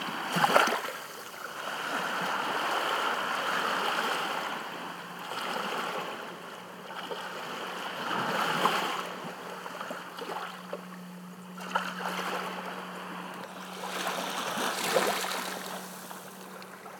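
Water washes steadily along a shoreline, swelling in soft surges every few seconds, with a low engine hum drifting in from a boat.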